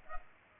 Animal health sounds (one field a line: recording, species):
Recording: mosquito wingbeat signal from an infrared sensor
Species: Culex pipiens